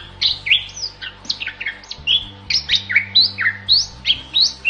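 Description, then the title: Bali myna song of quick whistled phrases, notes sweeping up and down between mid and high pitch, delivered in rapid varied succession over a faint low hum. Masteran song with unusual sounds, used to train competition birds. "Masteran Jalak Bali Yang BERSUARA UNIK Untuk Gacoran Juara"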